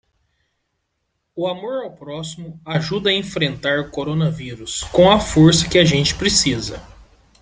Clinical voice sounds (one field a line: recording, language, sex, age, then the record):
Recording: spoken sentence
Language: Brazilian Portuguese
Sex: male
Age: 20 to 29 years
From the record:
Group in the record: control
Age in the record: 26 years